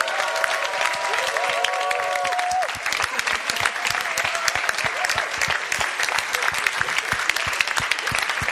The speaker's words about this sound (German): Komm, geben wir mal Jesus nochmal einen kräftigen Applaus.